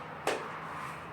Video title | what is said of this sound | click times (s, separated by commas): Cleaning routine for volunteers | So now it's ready. You put it back in. You're going to hear the click. | 0.3 s